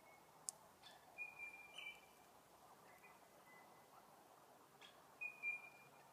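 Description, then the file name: Bird chirps: faint, thin whistled notes, some short and some drawn out, in two loose clusters over a quiet hiss. "Tweets"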